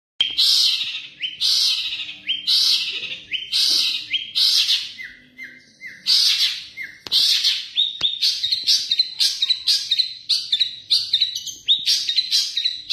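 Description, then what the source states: Long-tailed shrike song with loud harsh bursts every second or so, shifting into quick, varied chirps and twittering notes toward the end. Song of the style called kombinasi (combination song).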